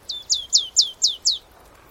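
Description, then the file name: Marsh tit giving a rapid series of six bright, high notes, each sliding downward, evenly spaced about a quarter second apart, over quiet background hiss. "Poecile palustris"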